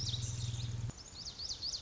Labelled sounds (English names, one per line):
Lazuli Bunting